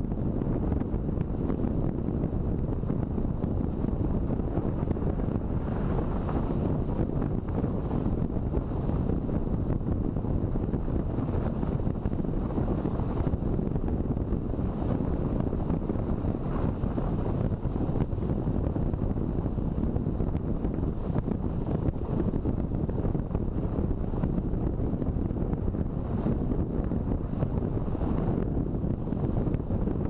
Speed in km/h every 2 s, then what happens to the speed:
36, 36, 36, 36, 36, 36, 35, 35, 36, 36, 37, 37, 37, 37, 38.
0-30 steady at about 36.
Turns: none.